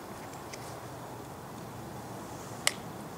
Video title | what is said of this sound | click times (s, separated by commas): D.A.R.T Kit Install on a Planet Eclipse Ego11 | hear it snap in | 2.7 s